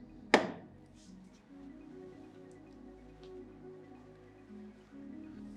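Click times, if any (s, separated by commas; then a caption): 0.3 s. After its sponge is cleaned, the removable sponge and moisture-seal holder of a Hero automatic paint dispenser is slid back on horizontally and pushed until it clicks into place with a sharp hit at 0.3 s. A low, steady background hum follows, with a faint tick near 3.2 s. The part is seated.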